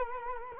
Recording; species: mosquito wingbeat signal from an infrared sensor; Culex quinquefasciatus